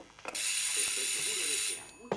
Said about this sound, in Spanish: Nuestro primer invitado. Pulsa el botón del interfono.